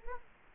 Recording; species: mosquito wingbeat signal from an infrared sensor; Culex quinquefasciatus